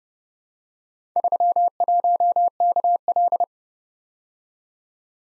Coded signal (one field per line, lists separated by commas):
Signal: Morse code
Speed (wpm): 34 wpm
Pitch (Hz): 700 Hz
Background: none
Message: 31KL